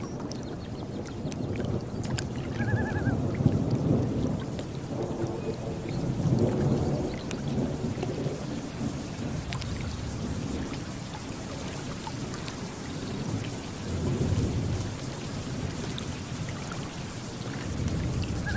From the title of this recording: Thunderstorm and Loons on Lake with Gentle Water Lapping